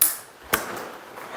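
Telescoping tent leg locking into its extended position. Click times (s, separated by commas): 0.5 s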